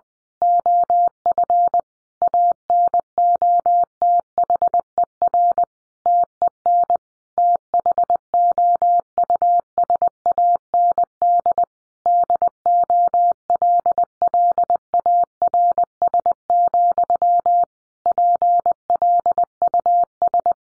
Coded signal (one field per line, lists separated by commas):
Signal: Morse code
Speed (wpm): 20 wpm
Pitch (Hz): 700 Hz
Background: none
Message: OF ANOTHER TEN THOUSAND DOLLARS, PLUS